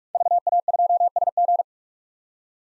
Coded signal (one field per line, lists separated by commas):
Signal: Morse code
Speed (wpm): 46 wpm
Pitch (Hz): 700 Hz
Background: none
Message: VA2SG